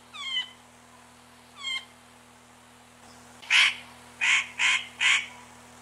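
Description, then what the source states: Spotted nutcracker, two thin descending mewing notes, then four loud harsh rasping calls in quick succession. Recorded 25 May 1994.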